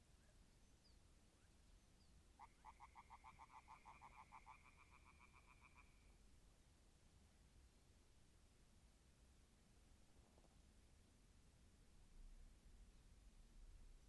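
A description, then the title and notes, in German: An evening at a clay pit: a frog gives one rapid, rattling trill for about four seconds over a steady low rumble. Ein Abend in der Lehmgrube. Aber echtes AB-Stereo.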